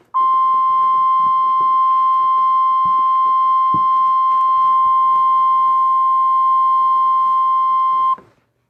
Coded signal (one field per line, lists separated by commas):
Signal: Emergency Alert System (SAME) tones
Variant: 1050 Hz attention tone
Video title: Pre defended EAS Alerts Play Mock and make EAS alerts